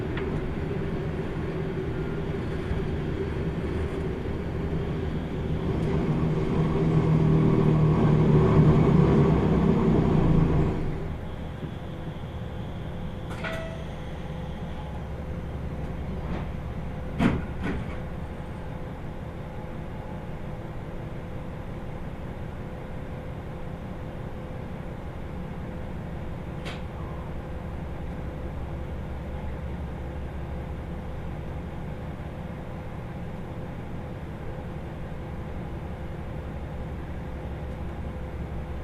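Interior rumble of the Kyushu Odan Limited Express 3 on the Hōhi Line, swelling loudly until ten seconds, then a steady low hum with occasional clicks.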